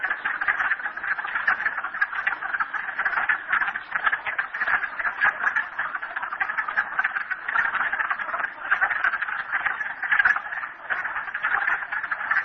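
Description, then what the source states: Frogs calling in a dense chorus of overlapping rapid rattling croaks, a steady unbroken wall of sound throughout. Frogs recorded at Merryspring.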